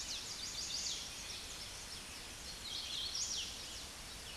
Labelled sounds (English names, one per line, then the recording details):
Hooded Warbler song
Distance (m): 45 m
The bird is about 15 m above the microphone
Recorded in a Pennsylvania forest on 16 May 2024 at 09:34
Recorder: AudioMoth, point MSD-1295
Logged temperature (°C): 13.7 °C
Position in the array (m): 166 m, 113 m